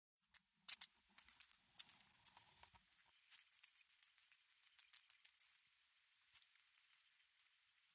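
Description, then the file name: Shrew twittering: very high, thin chirps in quick runs, with pauses between bursts. "salamandre musaraigne"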